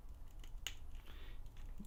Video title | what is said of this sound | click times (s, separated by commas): Bandai Thundercats Classics 2011 6" Lion-o | you can hear it pop and it's good | 0.7 s